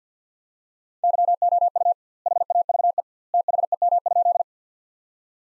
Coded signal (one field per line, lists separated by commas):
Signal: Morse code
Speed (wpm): 50 wpm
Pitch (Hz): 700 Hz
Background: none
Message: YOU HAVE THEM?